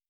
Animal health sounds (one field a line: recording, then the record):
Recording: hydrophone in a shrimp aquaculture tank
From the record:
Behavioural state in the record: feeding